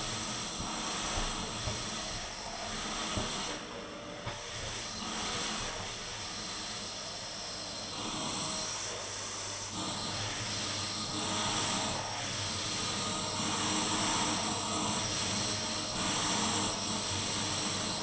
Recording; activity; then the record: daily activity, microphone in the room; vacuum cleaning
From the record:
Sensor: 4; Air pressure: 991.8 hPa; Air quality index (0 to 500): 113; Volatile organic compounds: 20 ppm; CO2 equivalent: 2690 ppm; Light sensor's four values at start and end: 18/62/23/23 and 16/53/20/19